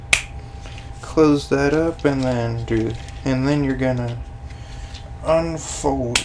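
A plastic ratchet joint on a Legacy Armada Leader Class Megatron action figure gives a sharp snap at 0.1 s as folded parts are held down on the ratchets, and the joint clicks into position, seated. Someone talks throughout.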